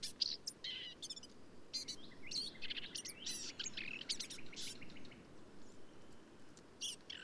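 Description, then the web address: Black-capped vireo song, a rapid run of varied buzzy, chattering and sharp whistled phrases, high-pitched, with steady low background rumble. "birdsongforthecurious Black-capped Vireo"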